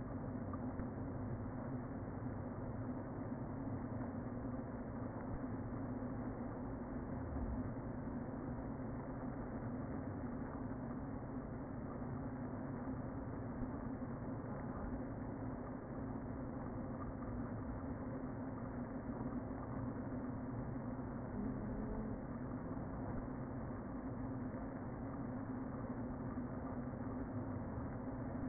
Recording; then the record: honeybee colony, microphone inside the hive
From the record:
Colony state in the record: queen present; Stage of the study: before two queens were removed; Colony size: about 60,000 bees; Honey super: yes